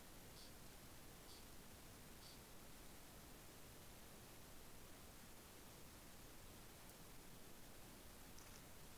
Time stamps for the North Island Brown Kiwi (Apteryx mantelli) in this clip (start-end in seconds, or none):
none